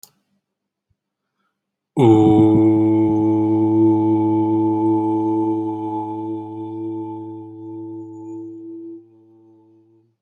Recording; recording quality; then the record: sustained vowel as in boot; excellent, no background noise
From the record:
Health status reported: healthy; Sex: male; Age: 34 years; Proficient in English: yes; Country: India